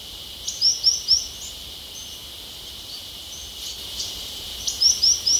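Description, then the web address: White-winged tanager giving high, thin, rising notes in quick sets of three, two bursts about four seconds apart, over a steady hiss. Ecuador. "Birds of Ecuador. White-winged Tanager"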